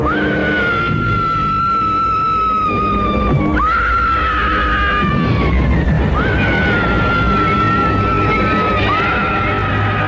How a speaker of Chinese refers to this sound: 不久之后回来的父母见到女儿被开膛破肚的尸体，连连惊声尖叫。